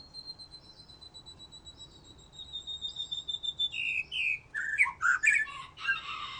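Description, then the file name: White-rumped shama: a long, thin, sustained high whistle slowly falling, then loud fluty notes and harsh chattering phrases that build toward the close. "murai batu"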